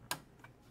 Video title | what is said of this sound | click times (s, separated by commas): How To Thread & Wind a Bobbin [Juki TL Machines] | put it like that, and you'll hear this click right now. | 0.1 s